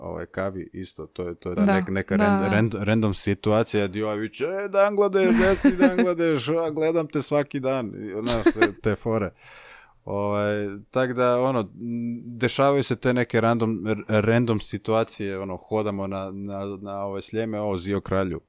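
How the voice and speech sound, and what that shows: A young Croatian rapper who stutters speaks casual Croatian at a moderate pitch. Several whole-word and part-word repetitions occur, such as a word said three times in a row, along with restarts and pauses of about half a second. These are mild stuttering disfluencies in otherwise fluent speech.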